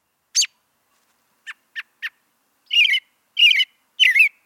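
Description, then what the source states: American Robin song: a few short, sharp notes, then three warbled phrases that rise and fall, each about a third of a second long. Loud, cheery song; among the first morning songs in spring and summer, often the last in the evening; lengthy up-and-down pattern with rising and falling inflection.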